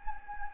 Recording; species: mosquito wingbeat signal from an infrared sensor; Anopheles gambiae